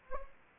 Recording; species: mosquito wingbeat signal from an infrared sensor; Anopheles gambiae